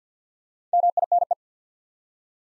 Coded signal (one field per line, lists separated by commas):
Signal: Morse code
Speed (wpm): 48 wpm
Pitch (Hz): 700 Hz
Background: none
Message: MINE